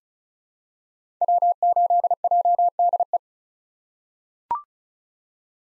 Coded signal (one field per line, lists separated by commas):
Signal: Morse code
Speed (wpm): 36 wpm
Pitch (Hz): 700 Hz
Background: none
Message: W8JDE